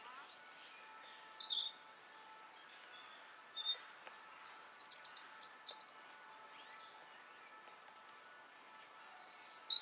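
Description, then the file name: European robin song: high sweet trills and whistled notes in three bursts, the middle phrase a sustained tinkling warble lasting about two seconds, with a steady hum behind. "Erithacus rubecula - European Robin"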